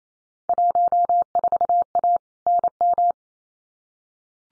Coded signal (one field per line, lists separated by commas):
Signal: Morse code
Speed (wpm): 28 wpm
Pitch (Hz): 700 Hz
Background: none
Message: 14A NM